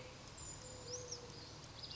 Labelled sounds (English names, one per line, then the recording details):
Brown Creeper
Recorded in Sonoma County, California